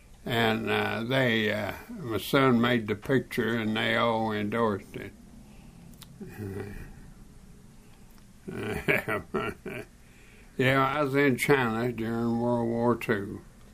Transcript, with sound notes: …and…they…my son made the picture and they all endorsed it. [Chuckling] Yeah, I was in China during World War II.